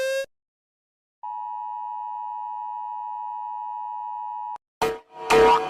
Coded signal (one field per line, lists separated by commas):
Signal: Emergency Alert System (SAME) tones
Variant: 853 and 960 Hz attention tone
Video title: Rating Eas alarms